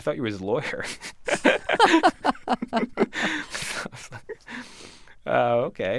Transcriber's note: laughter